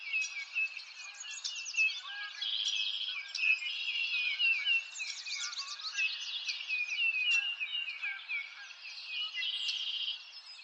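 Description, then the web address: Birds: bird chorus of overlapping chirps, trills and quick high twitters, constant and busy, with slightly louder bursts of notes scattered throughout. Forest ambience. "Lynne Music. Nature Ambience Birds In A Forest"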